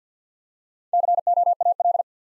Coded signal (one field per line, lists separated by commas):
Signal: Morse code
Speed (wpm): 50 wpm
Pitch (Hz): 700 Hz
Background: none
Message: COAL